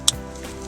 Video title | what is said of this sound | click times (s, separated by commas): How to fit 2 din satnav headunit in Toyota Hilux Mk6 Vigo | Okay, so we'll just connect those together. They can only go one way, they snap together, clip together. | 0.1 s